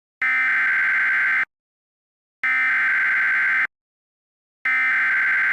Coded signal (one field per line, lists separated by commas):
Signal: Emergency Alert System (SAME) tones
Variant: header bursts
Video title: ***VALID TONES*** Severe Thunderstorm Warning 4/24/20